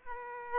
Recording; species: mosquito wingbeat signal from an infrared sensor; Aedes aegypti